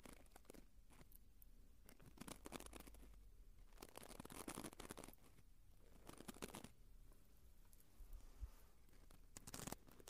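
Ear cleaning sounds: dense, crackling rustles and scratchy scrapes come in bursts, with louder stretches around two to five seconds and near the end. Short crinkly clicks and soft rubbing fill the gaps, with a low rumble underneath throughout.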